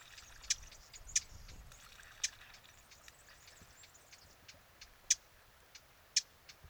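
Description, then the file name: Eurasian blackcap giving hard, clicking tack calls at uneven intervals, roughly one a second, with fainter ticks between them. "Sylvia atricapilla"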